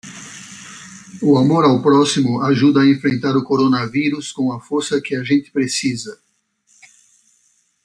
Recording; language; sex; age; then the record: spoken sentence; Brazilian Portuguese; male; 50 to 59 years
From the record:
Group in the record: control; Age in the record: 58 years